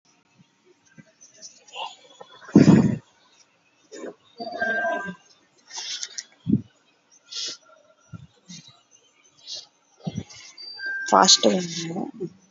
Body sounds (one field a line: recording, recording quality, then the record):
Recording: shallow breathing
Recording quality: moderate, slight background noise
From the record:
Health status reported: COVID-19 positive, mild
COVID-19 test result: positive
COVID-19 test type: rapid antigen test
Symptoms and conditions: cough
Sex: female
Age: 31 years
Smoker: no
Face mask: not worn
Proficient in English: yes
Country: India